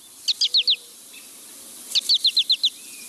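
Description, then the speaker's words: American Goldfinch flight calls: a quick series of four short notes, then after a pause a second run of six or seven. Male giving a contact flight call to let the flock know he is still with the group while foraging or traveling. "This American goldfinch makes a flight call to let the flock know he's still with the group."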